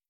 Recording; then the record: hydrophone in a shrimp aquaculture tank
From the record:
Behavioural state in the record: starved